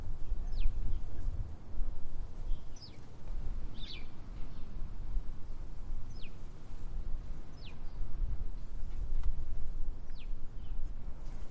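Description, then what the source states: Sparrow giving sparse single chirps at irregular intervals, heard over constant blustery wind. Windy conditions.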